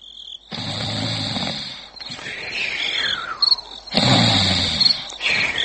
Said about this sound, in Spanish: Está roncando. ¡Está roncando en hebreo!